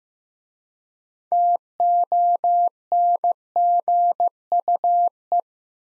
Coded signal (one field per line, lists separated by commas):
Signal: Morse code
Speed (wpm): 15 wpm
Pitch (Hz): 700 Hz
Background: none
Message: TONGUE